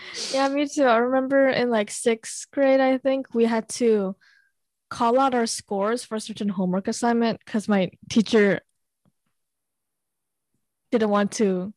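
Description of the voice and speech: Adult woman's conversational speech with drawn-out sounds and long mid-sentence pauses, fitting a stutter with prolongations and blocks.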